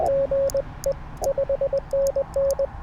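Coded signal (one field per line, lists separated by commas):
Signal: Morse code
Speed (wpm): 20 wpm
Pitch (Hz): 550 Hz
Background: radio noise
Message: GE 5NN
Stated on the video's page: CW Parks on the Air activation sent on a tiny, lightweight, light-touch M7 key.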